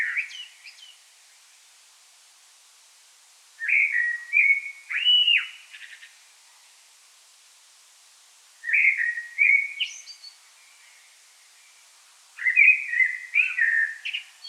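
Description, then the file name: Common blackbird singing fluty, melodious phrases followed by short squeaky or buzzy flourishes, phrases spaced roughly five seconds apart. "Turdus merula"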